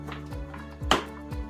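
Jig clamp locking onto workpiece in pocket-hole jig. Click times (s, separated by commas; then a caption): 0.9 s. A board of wood is placed in a Kreg 720 Pro pocket-hole jig, and the clamp is pushed down onto it. A sharp snap is heard at 0.9 s as the clamp locks onto the board and seats in place. Soft background music plays throughout.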